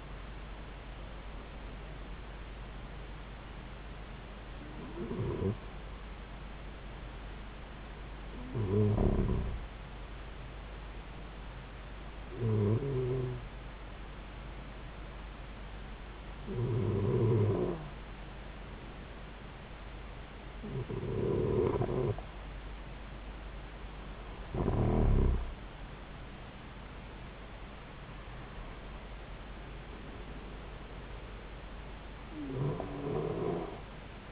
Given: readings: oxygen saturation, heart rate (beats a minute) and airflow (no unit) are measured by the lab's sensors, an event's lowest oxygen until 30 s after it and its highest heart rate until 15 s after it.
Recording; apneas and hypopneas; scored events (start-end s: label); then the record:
breathing in sleep by a voice recorder at the bedside; 1
6.00-26.30 s: hypopnea (N2, oxygen 94% highest, then 91% lowest)
From the record:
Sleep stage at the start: N2 (light sleep); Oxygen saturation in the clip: 91 to 94%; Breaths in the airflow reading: 9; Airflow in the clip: -4.1 to 5.3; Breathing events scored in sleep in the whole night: 270 in 6.1 hours asleep